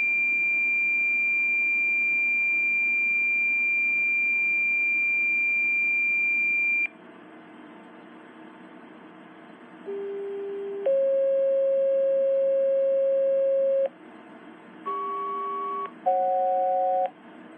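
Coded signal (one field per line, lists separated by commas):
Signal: two-tone page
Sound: a long high steady tone, pause, then a sequence of steady lower paging tones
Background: radio static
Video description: this is me sending out pager tones to my ht1000 requested by FireAlarmMaster623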